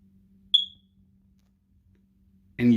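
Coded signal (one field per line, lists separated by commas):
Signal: beep code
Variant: household smoke detector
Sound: one short high-pitched chirp, then quiet hum, then a man starts talking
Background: low hum, speech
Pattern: 1 short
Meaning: A single intermittent chirp usually signals a low battery or unit end of life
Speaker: you ever hear this sound and you just can't get rid of it no matter how many batteries you change out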